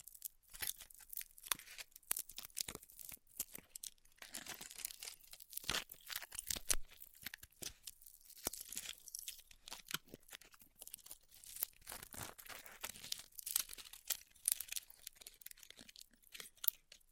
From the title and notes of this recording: ASMR Styrofoam Heat Cutting (No Talking).